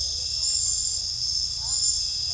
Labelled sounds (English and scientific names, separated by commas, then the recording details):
none
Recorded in secondary vegetation near Puerto Asís, Putumayo, Colombia, on 18 December 2024 at 22:00
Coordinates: 0.499, -76.323
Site G010